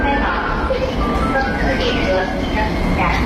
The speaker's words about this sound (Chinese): 哎，宝贝儿，你看地铁来了，咱们一起排队上车喽。